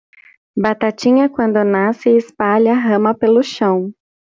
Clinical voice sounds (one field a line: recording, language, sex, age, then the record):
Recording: short text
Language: Brazilian Portuguese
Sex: female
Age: 30 to 39 years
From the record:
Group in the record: control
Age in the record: 32 years